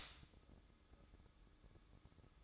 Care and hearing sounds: daily activity, microphone in the room; stop toaster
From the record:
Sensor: 3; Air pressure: 1007.2 hPa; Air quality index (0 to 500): 53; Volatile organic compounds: 1 ppm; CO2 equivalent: 589 ppm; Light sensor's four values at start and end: 8/18/7/7 and 8/18/7/7

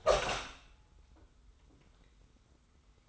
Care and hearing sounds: daily activity, microphone in the room; open door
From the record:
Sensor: 3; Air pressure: 990.4 hPa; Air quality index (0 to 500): 174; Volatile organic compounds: 1000 ppm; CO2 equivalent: 5635 ppm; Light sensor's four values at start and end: 49/114/47/44 and 48/114/46/44

